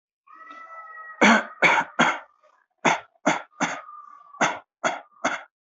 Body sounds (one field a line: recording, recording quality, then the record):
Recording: shallow voluntary cough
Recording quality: excellent, no background noise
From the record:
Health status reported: respiratory illness, not identified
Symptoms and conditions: asthma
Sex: male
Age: 21 years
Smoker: not ticked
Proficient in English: yes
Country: India